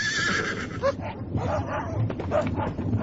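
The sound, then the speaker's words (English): Several hounds, released for a chase, bark and yelp in quick, overlapping bursts, a high whinny-like cry rising at the start amid a steady rumble of background noise. “Release the hound!”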